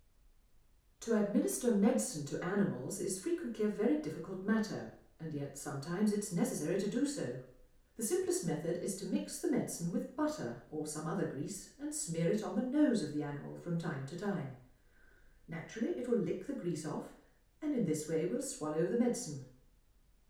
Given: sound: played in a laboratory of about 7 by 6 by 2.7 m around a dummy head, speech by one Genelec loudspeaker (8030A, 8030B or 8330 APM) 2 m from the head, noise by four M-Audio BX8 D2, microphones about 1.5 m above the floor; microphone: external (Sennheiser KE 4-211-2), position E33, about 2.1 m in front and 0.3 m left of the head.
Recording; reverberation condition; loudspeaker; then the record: female speech in English; medium; 90 degrees to the left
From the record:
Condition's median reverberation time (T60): about 510 ms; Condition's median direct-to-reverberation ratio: about -0.5 dB